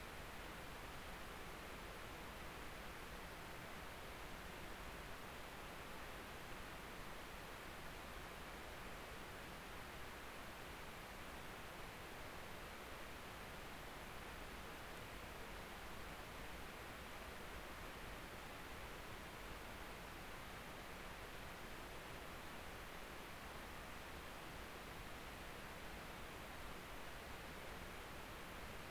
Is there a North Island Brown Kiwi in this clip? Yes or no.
no